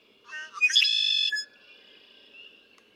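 Red-winged blackbird song: a quick burst of gurgling notes running into a loud harsh trill, then a thin fading whistle.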